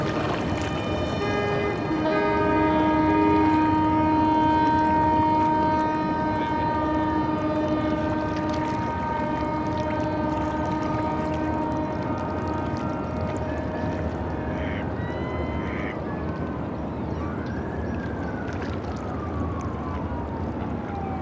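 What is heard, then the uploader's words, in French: A city soundscape in Prague, with a steady low roar of traffic throughout. Over it, sustained tones like a horn or siren hold for several seconds and fade by the middle, followed by a brief falling whistle-like sound near the end. Impression sonore de la ville de Prague - République Tchèque réalisée à partir d'enregistrements de Nicolas Dubois.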